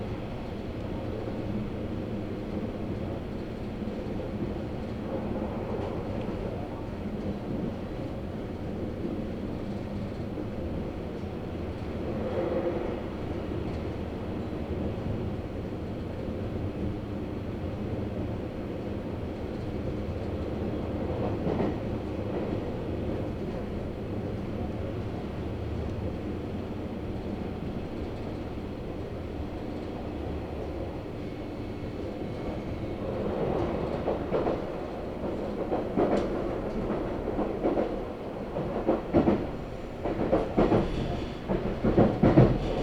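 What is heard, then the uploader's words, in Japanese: A train runs on the Sasebo Line from Arita toward Kitakata, with a steady low rumble of the wheels and motor filling the ride. Brief louder swells come around 12 and 21 seconds, and after about 33 seconds the sound grows busier with repeated clanks and jolts. 音の旅 佐世保線 有田→北方。普通列車鳥栖行きに乗車します。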